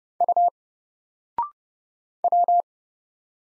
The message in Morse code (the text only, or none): U W